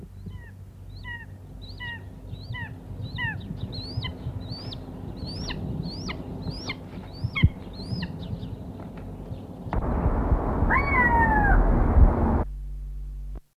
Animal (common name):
Long-legged Buzzard